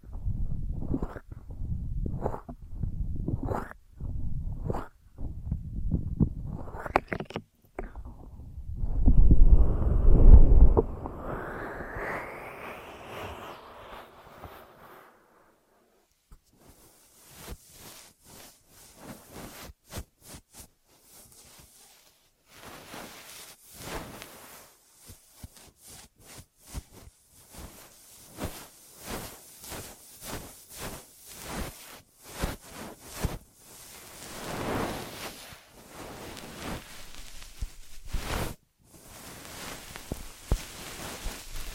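Ear massage and cleaning: soft rubbing pulses and a swelling rush in the first fifteen seconds, then dense, crackly brushing and tapping.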